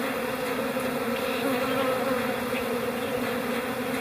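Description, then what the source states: Honey bee colony droning steadily, a thick low buzzing hum that holds level for the whole moment. Hive chatter recorded in April.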